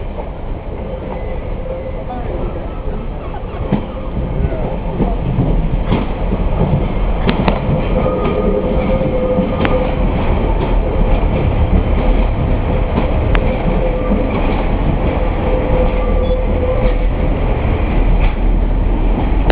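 A train rumbles past a level crossing with a deep steady roar, sharp clanks and a faint tone, growing louder after three seconds.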